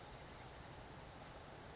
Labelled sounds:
Brown Creeper
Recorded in Sonoma County, California

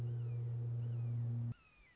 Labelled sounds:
Red-shouldered Hawk
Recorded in Sonoma County, California

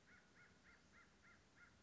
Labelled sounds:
American Crow
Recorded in Sonoma County, California

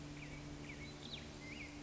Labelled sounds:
Black-headed Grosbeak
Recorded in Sonoma County, California

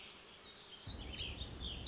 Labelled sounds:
Warbling Vireo
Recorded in Sonoma County, California

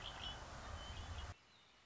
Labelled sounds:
Red-winged Blackbird
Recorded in Sonoma County, California

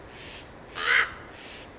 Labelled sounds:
Steller's Jay
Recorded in Sonoma County, California

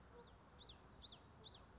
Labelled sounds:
Common Yellowthroat
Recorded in Sonoma County, California

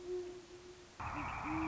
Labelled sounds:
Great Horned Owl
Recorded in Sonoma County, California

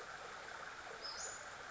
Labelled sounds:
Western Flycatcher
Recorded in Sonoma County, California

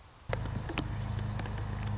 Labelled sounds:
Anna's Hummingbird
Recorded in Sonoma County, California

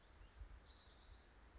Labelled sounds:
Orange-crowned Warbler
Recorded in Sonoma County, California

